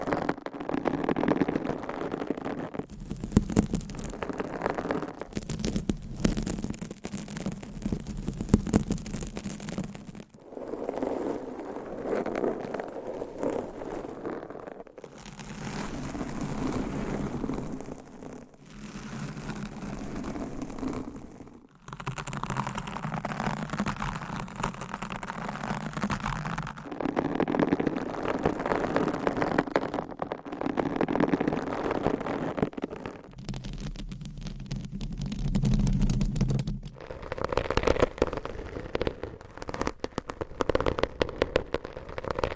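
Fingernails scratch and rub over microphone covers in dense, crackly bursts lasting a few seconds each, separated by brief near-silent breaks around 10, 15, 22 and 37 seconds. Each burst has a low rumbling body under bright scratchy detail, and the texture shifts as each cover changes.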